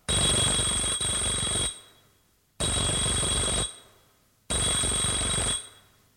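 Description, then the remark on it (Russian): A doorbell at a home in Moscow, pressed by a visiting lion, rings three times, each loud, harsh electric ring lasting over a second, with brief silent gaps between them. No voices are heard. “Звонит Кашиным 3 раза.”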